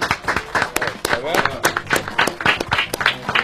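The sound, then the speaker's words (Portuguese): A few people clap in sharp, irregular bursts for a few seconds, giving brief applause for guest Rudy Landucci on the show Estádio 97 while voices talk and call out over the clapping. “Uma salva de palmas pro Rudy.”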